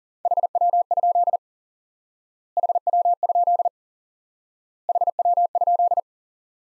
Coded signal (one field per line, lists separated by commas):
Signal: Morse code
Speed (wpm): 40 wpm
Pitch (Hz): 700 Hz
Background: none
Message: HW? HW? HW?